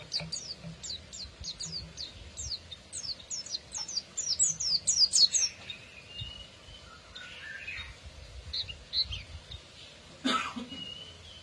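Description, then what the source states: Canary song: a fast series of high, downward-sweeping chirps repeated several times per second, then quieter scattered notes and one sharp click near the end. Therapy recording meant to get a canary that has stopped singing to sing again; the bird is described as an F1 canary.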